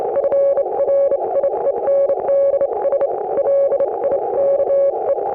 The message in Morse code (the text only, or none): FRIENDS LIKE